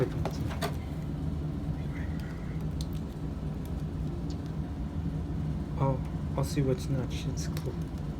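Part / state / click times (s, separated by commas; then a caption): plastic part into a dinosaur action figure / not seated / none. A plastic part is handled and fitted toward a plastic Jurassic World dinosaur action figure, bought from Best Buy, during unboxing. Someone talks over a steady low background rumble, with a few faint handling taps and ticks. The part has not seated or clicked into place yet.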